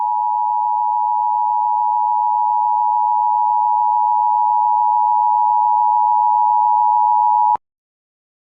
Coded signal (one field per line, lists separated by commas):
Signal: Emergency Alert System (SAME) tones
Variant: 853 and 960 Hz attention tone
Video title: *VALID TONES* EAS Alien Invasion Scenario (DeltaForge Remake)